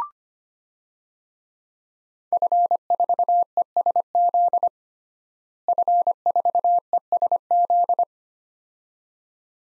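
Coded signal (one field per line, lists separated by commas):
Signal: Morse code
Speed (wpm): 25 wpm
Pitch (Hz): 700 Hz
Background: none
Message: F4ESZ F4ESZ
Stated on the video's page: Head-copy drill at 25 wpm of 5-character non-US DXCC call signs, each sent twice, spoken, then sent again.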